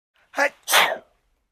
Elderly Woman Sneezing.